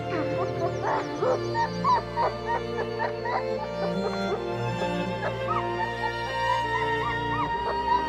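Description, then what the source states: Wolf whimpering: rapid, overlapping little whines and yips, each a quick rising-and-falling squeal, continuing the whole time above a steady musical drone. Wolf in a den.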